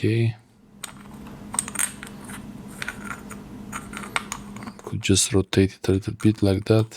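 During reassembly of a Vastfire UV 365nm 60W flashlight, the internal part (the LED module or reflector assembly) is rotated a little inside the flashlight head housing, producing a few light, sharp handling taps over a faint background hum. Someone talks at the start and end, and nothing has seated or snapped into place yet.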